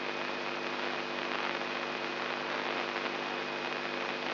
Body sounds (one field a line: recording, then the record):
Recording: brain microelectrode recording played as sound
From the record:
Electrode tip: inside the subthalamic nucleus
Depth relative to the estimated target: -1 mm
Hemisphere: right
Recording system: AlphaMap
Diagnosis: Parkinson's disease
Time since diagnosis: 11 years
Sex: male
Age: 67 years